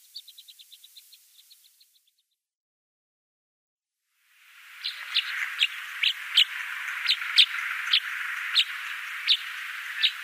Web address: Schulze Peter Tawny Pipit flightcalls